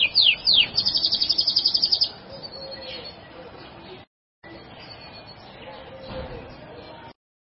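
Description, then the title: Bird song, a brief burst of sharp down-slurred notes and a fast rattling trill in the first two seconds, followed by quieter background. Labelled as a masteran recording. "LuckyBurung MasteranBest"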